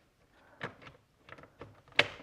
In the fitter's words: push it until it clicks.